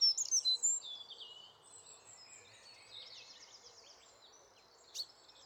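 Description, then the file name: Eurasian wren delivering a short burst of loud, high, quick notes at the start, then quiet with faint high twittering and one sharp click. "Troglodytes troglodytes"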